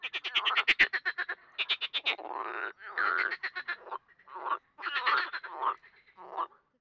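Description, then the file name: Frogs croaking in rapid rattling trains, then shorter, smoother croaks spaced by brief pauses. "grenouilles"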